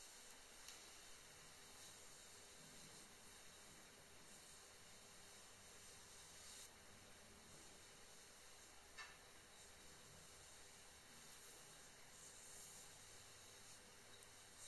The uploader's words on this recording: Light touch, makeup brushes, hair.